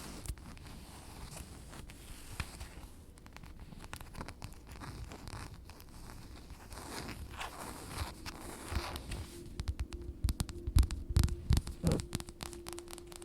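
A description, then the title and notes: Dress fabric scratches and rustles in dense, irregular bursts over a low hum, growing sharper and louder after ten seconds. ASMR Dress Scratching & Fabric Sounds Ada Wong Cosplay.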